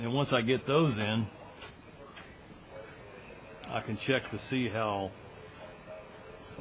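A man talks in two bursts over a newly installed side door as he gets ready to close it and check its seal against the weatherstrip, with quiet handling noise and a brief tap near 3.6 s in between. The door latch has not yet clicked into the strike plate on the door frame; nothing has seated or clicked yet.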